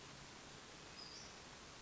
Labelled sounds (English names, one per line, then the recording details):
Western Flycatcher
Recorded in Sonoma County, California